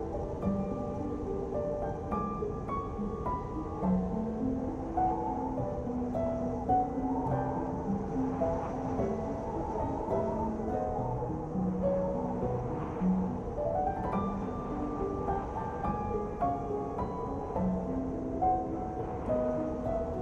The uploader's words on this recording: SNOWSTORM Sound and Relaxing MUSIC. This episode offers you the sound of a winter blizzard accompanied by soft music.